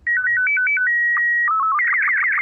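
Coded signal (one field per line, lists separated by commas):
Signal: SSTV (slow-scan television)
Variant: Robot 36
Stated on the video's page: Sample of an on-air amateur radio digital mode, among nearly 40 signal types heard and shown as waveforms.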